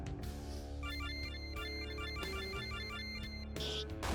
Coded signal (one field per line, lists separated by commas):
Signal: none